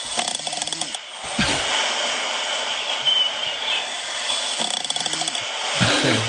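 Creaky, rattling snores from a sleeping adult woman recur about every four to five seconds over steady ocean-like background noise, the snoring ramping up in intensity.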